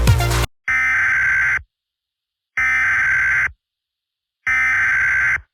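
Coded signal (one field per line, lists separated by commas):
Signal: Emergency Alert System (SAME) tones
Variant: header bursts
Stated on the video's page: Fictional mini EAS scenario, not a real alert.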